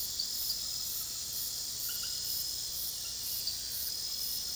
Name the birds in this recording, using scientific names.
none